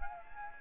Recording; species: mosquito wingbeat signal from an infrared sensor; Anopheles arabiensis